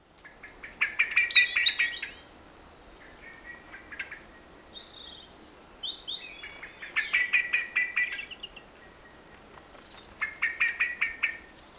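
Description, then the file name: Common blackbird giving rapid runs of sharp, clicking chink notes in three bursts, with thin high whistles and trills between them. "Turdus merula"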